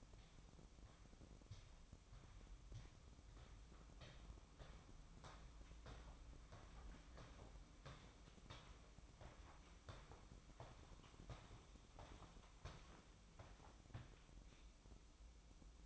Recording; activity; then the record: daily activity, microphone in the room; walk to room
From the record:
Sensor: 1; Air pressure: 1008.2 hPa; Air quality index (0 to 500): 138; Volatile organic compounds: 2 ppm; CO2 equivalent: 1159 ppm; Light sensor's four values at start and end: 9/22/9/9 and 9/21/8/9